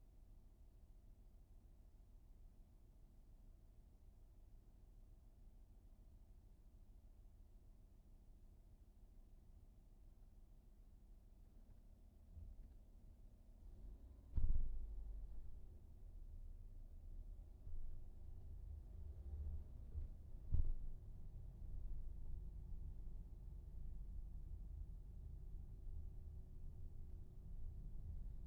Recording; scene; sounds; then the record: everyday scene through a hearing-aid microphone; in a vehicle; engine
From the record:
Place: VW T5 Caravelle, diesel engine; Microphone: behind the ear, right, rear